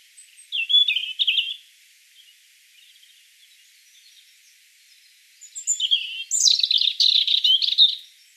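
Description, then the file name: European robin delivering two high, liquid warbling phrases separated by a few seconds of quiet, the second longer and more jumbled with rapid twitters. "Erithacus rubecula"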